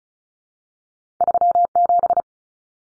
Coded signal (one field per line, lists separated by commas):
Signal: Morse code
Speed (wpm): 36 wpm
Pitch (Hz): 700 Hz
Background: none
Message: 37